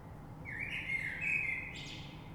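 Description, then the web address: Common blackbird giving one sustained warbled, flute-like phrase that ends in a thin high note. Recorded 3 March 2020. "oiseaux Rush Merle 3-3-2020"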